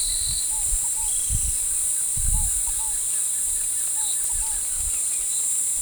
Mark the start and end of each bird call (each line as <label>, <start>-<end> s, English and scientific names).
Scaled Dove (Columbina squammata), 0.49-1.13 s
Pale-eyed Pygmy Tyrant (Atalotriccus pilaris), 1.05-1.64 s
Black-crested Antshrike (Sakesphorus canadensis), 1.70-5.01 s
Scaled Dove (Columbina squammata), 2.32-2.96 s
Scaled Dove (Columbina squammata), 3.94-4.58 s